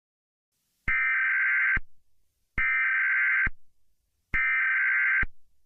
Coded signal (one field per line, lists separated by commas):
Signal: Emergency Alert System (SAME) tones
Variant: header bursts